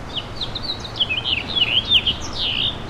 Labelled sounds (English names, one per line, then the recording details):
House Finch song
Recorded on Long Island, New York, on 11 June 2012
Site OP
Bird A